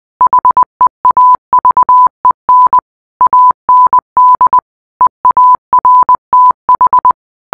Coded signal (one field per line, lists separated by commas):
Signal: Morse code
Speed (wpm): 20 wpm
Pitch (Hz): 1000 Hz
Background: none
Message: HEAVEN AND EARTH